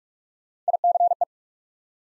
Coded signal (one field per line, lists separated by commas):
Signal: Morse code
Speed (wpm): 44 wpm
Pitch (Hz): 700 Hz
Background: none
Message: I C E